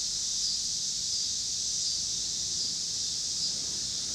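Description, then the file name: Cicadas in a steady, dense, high-pitched buzzing chorus that holds at the same level throughout, with a faint low rumble underneath. Cicadas recorded with passing car noise in Pittsburgh, Pennsylvania, on 26 August 2023. "2023-08-26 cicadas and cars Pittsburgh PA"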